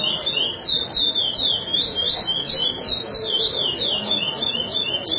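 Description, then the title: Chestnut-bellied seed finch with a sweet, rapid warbling song of looping whistles that carries on without breaks. "Canto De Curio"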